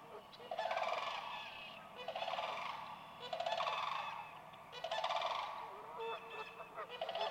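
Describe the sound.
Sandhill crane giving several rolling, trumpeting rattles about every one and a half seconds over a low background hum.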